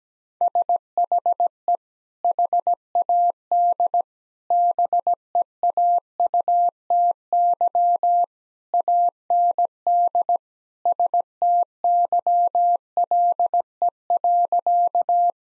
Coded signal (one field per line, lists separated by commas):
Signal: Morse code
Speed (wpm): 17 wpm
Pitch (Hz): 700 Hz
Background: none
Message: SHE HAD BEAUTY AND STYLE.